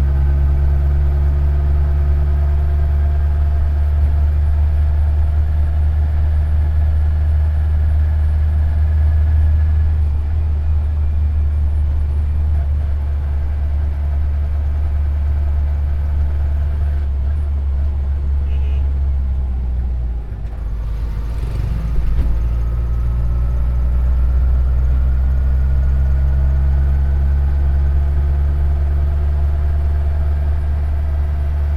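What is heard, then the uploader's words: Steady low engine rumble inside a moving vehicle, with a brief dip and gear change around twenty seconds before the drone resumes. Colva beach to Madgaon railway station.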